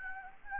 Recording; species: mosquito wingbeat signal from an infrared sensor; Anopheles gambiae